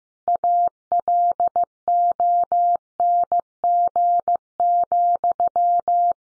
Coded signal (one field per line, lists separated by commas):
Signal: Morse code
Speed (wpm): 15 wpm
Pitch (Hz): 700 Hz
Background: none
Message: ALONG,